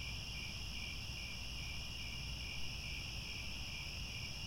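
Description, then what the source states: Crickets chirping together in a steady, high, shimmering chorus over a gentle low rumble. Chorus of many crickets chirping at twilight as the sun sets.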